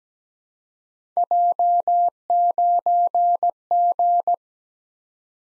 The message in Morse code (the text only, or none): J9G